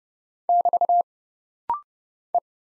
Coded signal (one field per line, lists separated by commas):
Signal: Morse code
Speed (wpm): 29 wpm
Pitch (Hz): 700 Hz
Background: none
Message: <BT> E